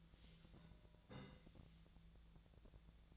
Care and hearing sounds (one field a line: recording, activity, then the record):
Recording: daily activity, microphone in the room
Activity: take from stove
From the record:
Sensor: 3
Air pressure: 1009.9 hPa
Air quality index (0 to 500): 189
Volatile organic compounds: 14 ppm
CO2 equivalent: 2465 ppm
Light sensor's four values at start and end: 41/102/44/47 and 41/102/44/47